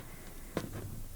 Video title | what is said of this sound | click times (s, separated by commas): Sebo BS36 Comfort Commercial Upright Vacuum Cleaner Unboxing & First Look | it's locked into position next | 0.6 s